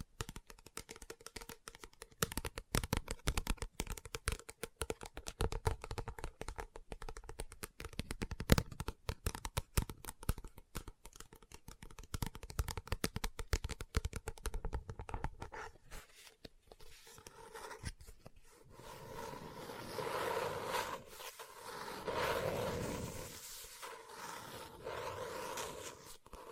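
Rapid tapping and scratching on a book fill the first half, a dense run of sharp clicks with a faint steady tone beneath. After about 16 seconds the tapping thins out into softer, smoother rustling swells, like pages being turned and handled, continuing to the end.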